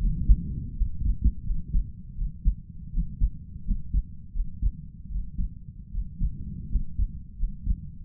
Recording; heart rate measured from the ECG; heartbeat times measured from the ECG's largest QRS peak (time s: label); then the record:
heart sounds by stethoscope; 82 bpm
0.74 s: heartbeat
1.43 s: heartbeat
2.14 s: heartbeat
2.90 s: heartbeat
3.63 s: heartbeat
4.32 s: heartbeat
5.07 s: heartbeat
5.90 s: heartbeat
6.68 s: heartbeat
7.36 s: heartbeat
From the record:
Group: healthy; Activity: rest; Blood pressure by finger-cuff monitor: 106/69 mmHg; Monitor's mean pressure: 77 mmHg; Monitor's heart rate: 80 bpm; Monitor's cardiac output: 5.4 L/min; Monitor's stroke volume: 66 mL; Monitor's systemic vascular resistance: 1050 dyn s/cm5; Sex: male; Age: 22 years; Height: 181 cm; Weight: 60 kg